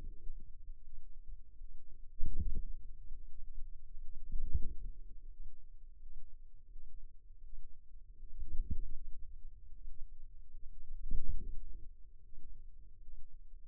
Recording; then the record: forearm muscle sounds (acoustic myography)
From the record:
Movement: wrist flexion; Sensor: system 2, bracelet of six BSWA MPA416 microphones around the upper forearm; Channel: 6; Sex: female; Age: 23 years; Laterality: right